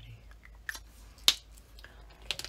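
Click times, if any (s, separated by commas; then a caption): 1.3 s. A cap is pushed back onto a KingArt gel stick and snaps shut with one loud, sharp click at 1.3 s, seated so the stick won't dry out. Fainter ticks come at 0.7 s and around 2.3–2.4 s over a quiet background.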